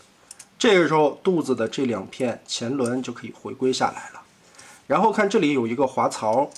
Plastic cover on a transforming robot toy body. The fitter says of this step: ，90度立正，把这个盖子扣上。